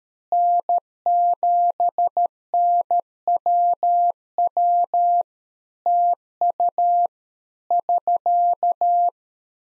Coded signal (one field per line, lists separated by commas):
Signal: Morse code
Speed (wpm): 13 wpm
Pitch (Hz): 700 Hz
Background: none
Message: N7NWW TU <SK>